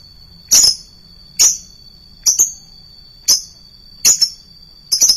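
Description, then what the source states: Lovebird calling with piercing high chirps, some in quick pairs, spaced under a second apart, over a continuous thin high whine. Call style named konslet.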